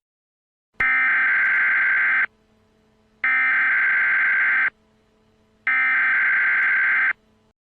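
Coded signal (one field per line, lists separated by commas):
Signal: Emergency Alert System (SAME) tones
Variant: header bursts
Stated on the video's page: Fictional EAS scenario with tones that could trigger real activations.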